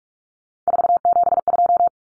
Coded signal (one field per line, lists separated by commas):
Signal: Morse code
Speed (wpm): 44 wpm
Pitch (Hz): 700 Hz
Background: none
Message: 472